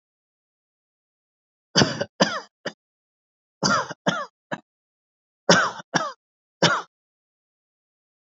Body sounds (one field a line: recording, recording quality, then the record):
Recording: shallow voluntary cough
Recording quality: excellent, no background noise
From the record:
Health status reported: healthy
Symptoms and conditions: none ticked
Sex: male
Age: 60 years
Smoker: not ticked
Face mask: worn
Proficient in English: yes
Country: India